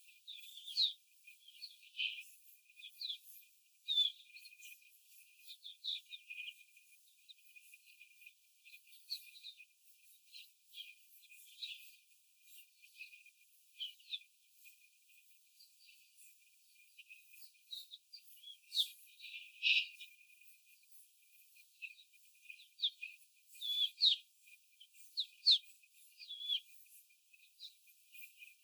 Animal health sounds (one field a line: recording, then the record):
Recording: young laying hens in a cage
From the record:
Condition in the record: after the stressor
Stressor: simulated dog barking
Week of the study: 4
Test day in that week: 1